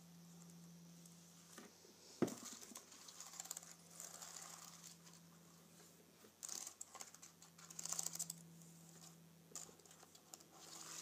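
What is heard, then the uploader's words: Fingernails scrape and tap across a keyboard in short, uneven bursts, with a sharp click just after two seconds and denser scratchy clusters around six to eight seconds. A steady low hum runs underneath for most of the clip. Nails Grazing Across my Keyboard.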